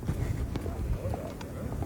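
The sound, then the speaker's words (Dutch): Footsteps of a reporter walking just after stepping off a boat on Ameland, a handful of uneven thuds and scuffs over a steady low rumble, with a faint murmur of voices in the background. “Hij is nog aan het lopen zelfs.”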